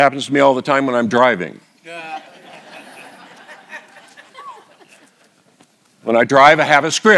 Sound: laugh